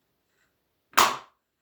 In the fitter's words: it comes small little click